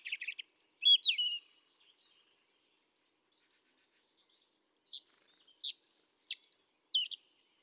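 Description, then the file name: European robin singing: thin high whistled notes and descending slurs, a pause with faint twitters, then a series of sharp high sliding notes. "Erithacus rubecula 310717"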